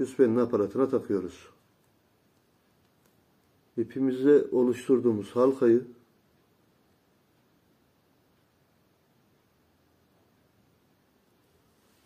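A rope loop ring on a carp fishing rig is handled and lined up with a quick change swivel, with no hits and no impacts. Someone talks from about 0 to 1.5 s and again from 3.8 to 6 s, followed by near silence. The ring has not yet been pushed into the swivel mouth, and nothing has clicked.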